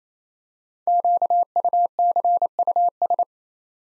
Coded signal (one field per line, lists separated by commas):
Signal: Morse code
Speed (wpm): 29 wpm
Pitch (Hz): 700 Hz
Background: none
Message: QUCUS